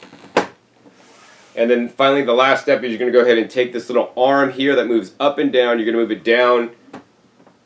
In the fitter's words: lock arrow and the air on the top of the handle slide into place and you'll hear it click and then